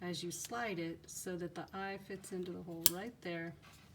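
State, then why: Not seated. A new replacement reciprocating saw blade is slid into the blade lock of a Swanson Savage folding jab saw, positioned so its eye fits into the hole of the locking system. Someone talks throughout the handling. The blade has not yet locked into the holder, and nothing has seated or clicked yet.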